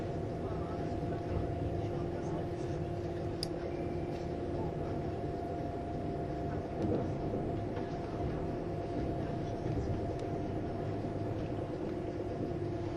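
A Swiss ICN tilting train, class RABDe500, is running on the Gotthard line. There's a steady, dense rumble with a constant low hum and a sustained mid-pitched drone throughout, and a few faint clicks and brief bright ticks around the fourth and seventh seconds.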